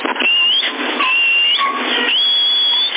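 A person in Sassari whistles over a CB radio channel: three sustained high whistled notes, each sliding upward, carried on a thin, band-limited signal full of static hiss and crackle.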